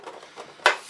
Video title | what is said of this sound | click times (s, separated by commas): Playmobil Enterprise Complete Unboxing, Build and Review | push it till it snaps in | 0.7 s